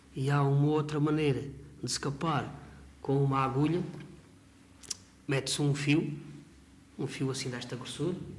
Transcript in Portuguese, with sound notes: E há uma outra maneira de se capar com uma agulha. [pausa] Mete-se um fio – um fio assim desta grossura,